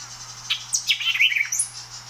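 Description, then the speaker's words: White-eyed Vireo song, a single fast jumble of sharp, slurred notes ending in a high, thin note, over a faint constant hum. Song is quite variable; species prefers thickets and dense vegetation and is a persistent, loud songster; one of three example songs. "They have a great song that's quite variable, so let's listen to three different examples of the white-eyed vireo here."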